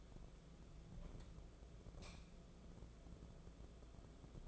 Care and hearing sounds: daily activity, microphone in the room; light on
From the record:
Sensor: 5

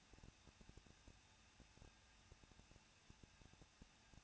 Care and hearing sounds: daily activity, microphone in the room; no activity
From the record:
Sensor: 2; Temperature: 21.0 degrees Celsius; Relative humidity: 37.3%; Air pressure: 1006.2 hPa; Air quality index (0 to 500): 221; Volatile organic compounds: 23 ppm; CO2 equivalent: 2796 ppm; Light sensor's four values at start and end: 2/3/2/2 and 2/3/2/2

